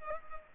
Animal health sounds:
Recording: mosquito wingbeat signal from an infrared sensor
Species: Culex pipiens

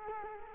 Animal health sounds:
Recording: mosquito wingbeat signal from an infrared sensor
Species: Culex quinquefasciatus

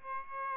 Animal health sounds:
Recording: mosquito wingbeat signal from an infrared sensor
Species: Aedes albopictus

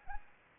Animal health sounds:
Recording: mosquito wingbeat signal from an infrared sensor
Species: Anopheles arabiensis

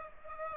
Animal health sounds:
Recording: mosquito wingbeat signal from an infrared sensor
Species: Aedes aegypti

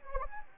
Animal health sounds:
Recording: mosquito wingbeat signal from an infrared sensor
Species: Anopheles gambiae

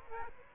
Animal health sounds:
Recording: mosquito wingbeat signal from an infrared sensor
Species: Aedes aegypti

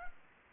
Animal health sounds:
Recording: mosquito wingbeat signal from an infrared sensor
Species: Anopheles arabiensis

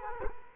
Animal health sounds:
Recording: mosquito wingbeat signal from an infrared sensor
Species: Culex quinquefasciatus

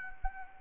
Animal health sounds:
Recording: mosquito wingbeat signal from an infrared sensor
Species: Anopheles arabiensis

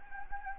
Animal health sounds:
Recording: mosquito wingbeat signal from an infrared sensor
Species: Anopheles gambiae

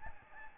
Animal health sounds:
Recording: mosquito wingbeat signal from an infrared sensor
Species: Aedes albopictus

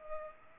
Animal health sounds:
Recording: mosquito wingbeat signal from an infrared sensor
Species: Culex pipiens

